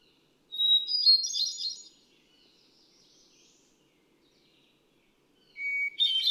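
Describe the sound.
Hermit thrush song, a long whistle leading into a fluty tumbling cascade, then a soft fading tail and the start of a new phrase at a lower pitch.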